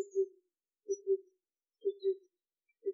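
Oriental cuckoo calling: low, soft paired hoots, a double hoop repeated about once a second, with nothing else clearly heard.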